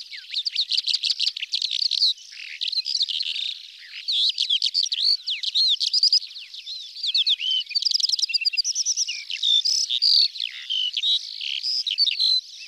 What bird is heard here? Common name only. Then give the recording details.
Calandra Lark. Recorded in the wild. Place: Kalmückensteppe/Bogdo-Berg, RU. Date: 2006-05-27. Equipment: MiniDisc Sharp MT 20 H. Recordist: Schwarz, Dieter